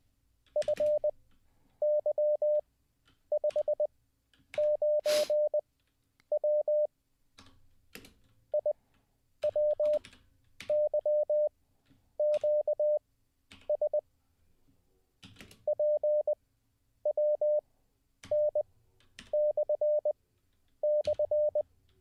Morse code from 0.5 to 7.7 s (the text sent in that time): FY59W